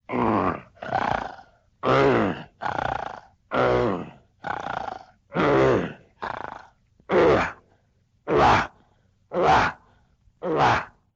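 About a dozen loud, rough, buzzing noises in 11 seconds, falling into alternating breath-in and breath-out pairs with silence between them: snoring with throaty vibration on both breaths.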